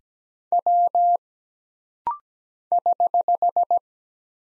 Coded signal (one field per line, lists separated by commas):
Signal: Morse code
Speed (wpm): 17 wpm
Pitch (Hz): 700 Hz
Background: none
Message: W <HH>